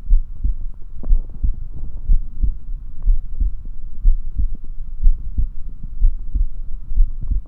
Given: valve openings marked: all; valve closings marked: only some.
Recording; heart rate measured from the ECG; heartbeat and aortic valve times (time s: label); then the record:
heart sounds by stethoscope; 61 bpm
0.12 s: heartbeat (ECG mark)
0.18 s: aortic valve opens (echo mark)
0.45 s: aortic valve closes (echo mark)
1.11 s: heartbeat (ECG mark)
1.17 s: aortic valve opens (echo mark)
1.45 s: aortic valve closes (echo mark)
2.10 s: heartbeat (ECG mark)
2.17 s: aortic valve opens (echo mark)
2.45 s: aortic valve closes (echo mark)
3.08 s: heartbeat (ECG mark)
3.14 s: aortic valve opens (echo mark)
3.41 s: aortic valve closes (echo mark)
4.06 s: heartbeat (ECG mark)
4.12 s: aortic valve opens (echo mark)
4.40 s: aortic valve closes (echo mark)
5.05 s: heartbeat (ECG mark)
5.11 s: aortic valve opens (echo mark)
5.38 s: aortic valve closes (echo mark)
6.03 s: heartbeat (ECG mark)
6.09 s: aortic valve opens (echo mark)
6.35 s: aortic valve closes (echo mark)
6.98 s: heartbeat (ECG mark)
7.05 s: aortic valve opens (echo mark)
From the record:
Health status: healthy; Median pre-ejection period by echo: 63 ms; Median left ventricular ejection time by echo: 278 ms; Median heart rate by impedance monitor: 61 bpm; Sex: male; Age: 21 years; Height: 174 cm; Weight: 70 kg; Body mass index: 23.12